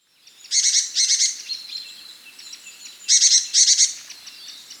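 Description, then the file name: Great tit giving bright, buzzy chattering bursts in pairs, one doublet near the start and another about two and a half seconds later, with faint high twitters between. "Parus major"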